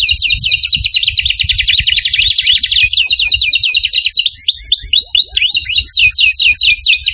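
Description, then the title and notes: Canary song: continuous, rapid high trills and rolling chirp series, shifting into looser swept notes about halfway through, with a faint low rumble underneath. Canary used as a lure call for bird-trapping. "Pikat Burung Baru. kenari"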